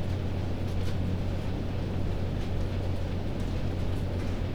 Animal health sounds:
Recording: poultry house recording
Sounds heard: no chicken sound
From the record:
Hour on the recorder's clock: 22

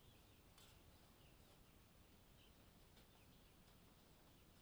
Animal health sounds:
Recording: poultry house recording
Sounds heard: healthy chickens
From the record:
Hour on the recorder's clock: 20

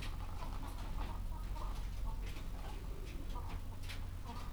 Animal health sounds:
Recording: poultry house recording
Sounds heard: sick chickens (respiratory disease)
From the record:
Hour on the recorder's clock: 15

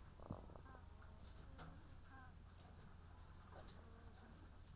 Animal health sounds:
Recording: poultry house recording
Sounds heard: sick chickens (respiratory disease)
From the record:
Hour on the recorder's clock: 17

